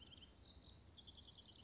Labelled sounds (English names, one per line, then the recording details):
House Wren
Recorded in Sonoma County, California